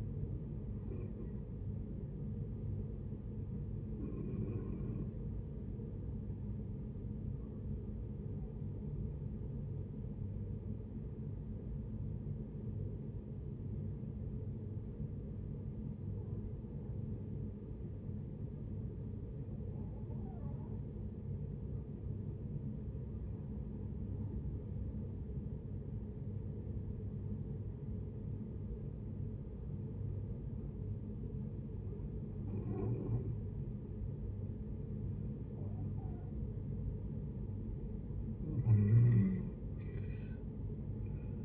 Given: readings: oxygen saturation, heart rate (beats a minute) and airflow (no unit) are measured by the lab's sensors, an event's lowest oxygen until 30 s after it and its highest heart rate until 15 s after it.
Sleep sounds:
breathing in sleep by a smartphone at the bedside; 1
5.00-35.20 s: hypopnea (N2, oxygen 91% highest, then 72% lowest, heart rate 59 at the start, 81 highest)
9.00-41.45 s: new sleep stage, N1 (lightest sleep)
From the record:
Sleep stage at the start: N2 (light sleep); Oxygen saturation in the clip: 79 to 92%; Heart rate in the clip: 56 to 63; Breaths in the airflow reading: 13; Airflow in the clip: -9.5 to 10.6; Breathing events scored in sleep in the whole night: 496 in 5.4 hours asleep

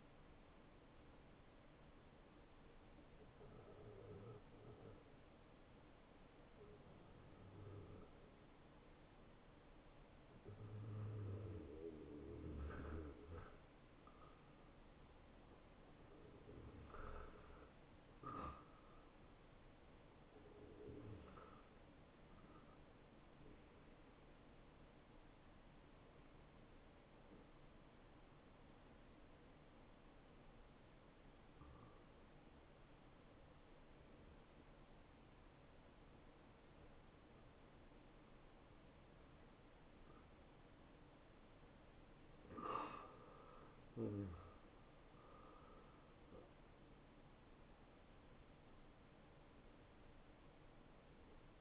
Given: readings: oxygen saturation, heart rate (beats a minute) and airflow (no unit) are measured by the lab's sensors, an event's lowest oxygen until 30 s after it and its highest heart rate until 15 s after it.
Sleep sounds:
breathing in sleep by a voice recorder at the bedside; 1
26.00-43.40 s: hypopnea (N1, oxygen 97% highest, then 90% lowest)
From the record:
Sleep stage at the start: N1 (lightest sleep); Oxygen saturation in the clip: 69 to 97%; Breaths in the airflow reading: 8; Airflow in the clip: -12.0 to 6.7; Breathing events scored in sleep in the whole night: 263 in 5.5 hours asleep

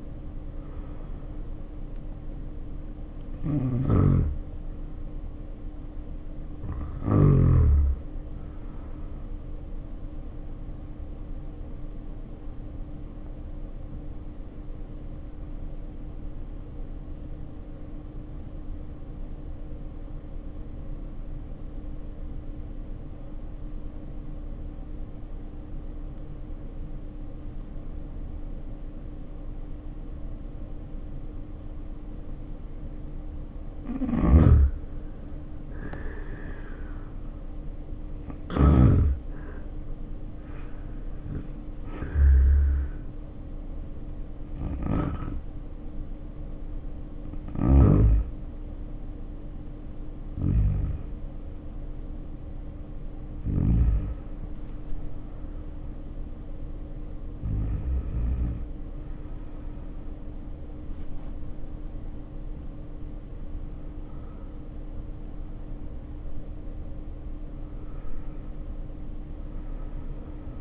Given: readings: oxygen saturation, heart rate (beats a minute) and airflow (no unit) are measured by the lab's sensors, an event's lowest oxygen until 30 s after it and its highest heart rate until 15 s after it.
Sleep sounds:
breathing in sleep by a smartphone at the bedside; 1
12.00-39.80 s: hypopnea (N1, oxygen 97% highest, then 81% lowest, heart rate 55 at the start, 68 highest)
37.00-67.00 s: new sleep stage, awake
39.00-70.61 s: awake
67.00-70.61 s: new sleep stage, REM sleep
From the record:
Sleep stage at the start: N1 (lightest sleep); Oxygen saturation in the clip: 77 to 97%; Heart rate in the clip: 51 to 75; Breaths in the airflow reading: 14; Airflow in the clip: -2.9 to 2.3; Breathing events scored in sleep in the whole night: 520 in 7.2 hours asleep

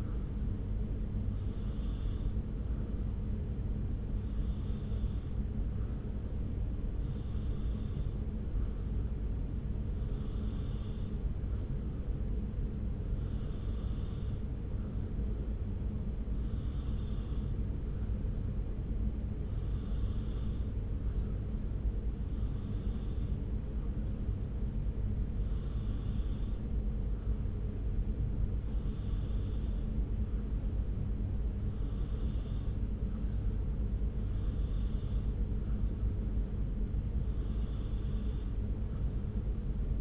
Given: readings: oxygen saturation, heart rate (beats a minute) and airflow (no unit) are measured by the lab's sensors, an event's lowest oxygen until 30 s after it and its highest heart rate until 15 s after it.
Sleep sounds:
breathing in sleep by a smartphone at the bedside; none
none scored
From the record:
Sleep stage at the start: N2 (light sleep); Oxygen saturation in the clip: 93%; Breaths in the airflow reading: 17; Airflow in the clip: -0.7 to 0.7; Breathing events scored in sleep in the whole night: 335 in 6.7 hours asleep

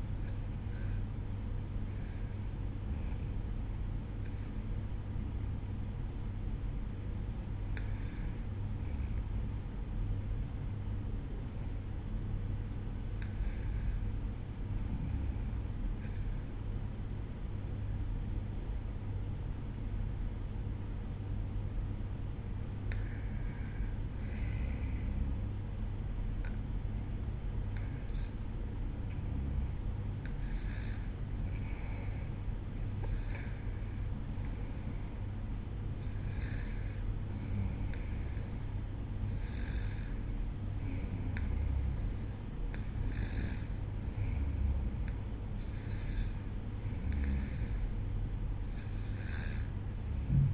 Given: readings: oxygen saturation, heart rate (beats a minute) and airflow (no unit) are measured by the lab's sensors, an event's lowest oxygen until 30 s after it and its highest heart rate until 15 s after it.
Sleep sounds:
breathing in sleep by a smartphone at the bedside; none
none scored
From the record:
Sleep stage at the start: REM sleep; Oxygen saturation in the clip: 93 to 95%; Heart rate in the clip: 59 to 63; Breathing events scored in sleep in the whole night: 305 in 9.6 hours asleep

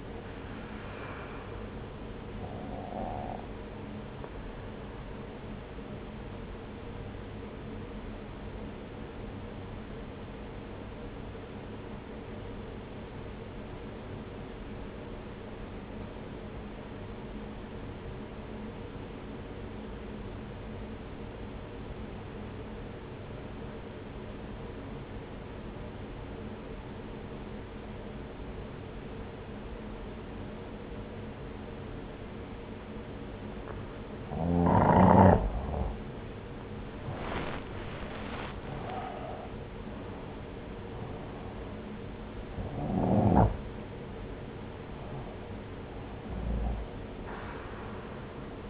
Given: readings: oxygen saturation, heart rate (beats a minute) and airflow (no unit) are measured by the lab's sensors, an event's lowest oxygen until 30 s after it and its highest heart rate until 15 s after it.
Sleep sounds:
breathing in sleep by a voice recorder at the bedside; 1
6.00-35.80 s: obstructive apnea (N1, oxygen 95% highest, then 87% lowest)
From the record:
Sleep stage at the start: N1 (lightest sleep); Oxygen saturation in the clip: 86 to 95%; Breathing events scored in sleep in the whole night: 303 in 8.1 hours asleep

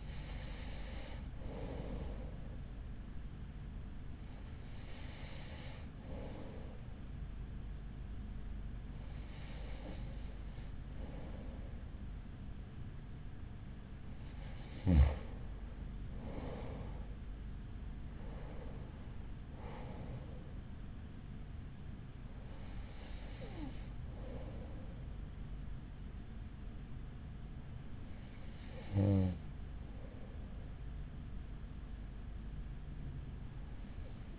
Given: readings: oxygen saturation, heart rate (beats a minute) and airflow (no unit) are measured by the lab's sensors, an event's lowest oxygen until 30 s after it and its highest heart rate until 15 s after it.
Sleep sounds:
breathing in sleep by a smartphone at the bedside; 1
3.00-17.90 s: hypopnea (N1, oxygen 93% highest, then 93% lowest, heart rate 41 at the start, 48 highest)
From the record:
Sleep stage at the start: N1 (lightest sleep); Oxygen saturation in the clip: 93 to 94%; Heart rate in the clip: 37 to 50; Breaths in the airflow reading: 7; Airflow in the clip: -6.2 to 6.3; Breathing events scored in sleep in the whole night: 207 in 7.6 hours asleep

